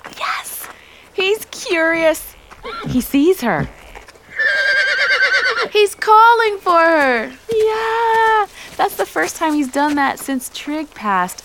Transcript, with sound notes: Yes, he’s curious. He sees her!
(Two loud whinnies!) He’s calling for her!
Yep. That’s the first time he’s done that since Trigg passed.